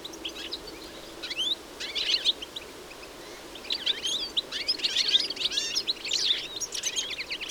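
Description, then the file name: European goldfinch calls, at first scattered high chirps with gaps, then a denser stretch of liquid twittering notes toward the end. "Carduelis carduelis"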